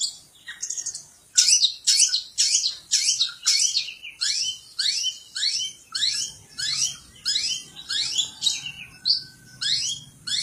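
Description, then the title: Long-tailed shrike song: harsh notes sweeping downward, repeated about twice a second in a steady run, with a faint low hum in the latter part. "Cendet"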